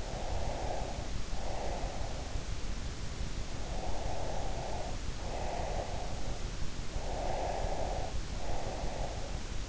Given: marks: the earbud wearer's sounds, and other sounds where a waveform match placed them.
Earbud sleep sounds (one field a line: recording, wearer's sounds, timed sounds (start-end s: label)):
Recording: sounds in sleep by an in-ear microphone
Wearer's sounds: breath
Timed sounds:
0.09-2.74 s: breath
4.09-6.22 s: breath
6.98-9.69 s: breath